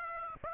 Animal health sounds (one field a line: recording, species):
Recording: mosquito wingbeat signal from an infrared sensor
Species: Aedes aegypti